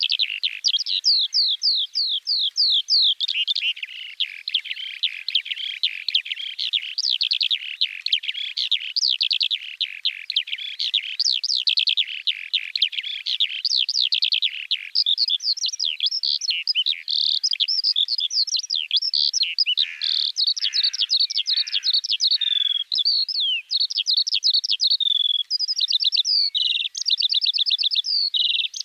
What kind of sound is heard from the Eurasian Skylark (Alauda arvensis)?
song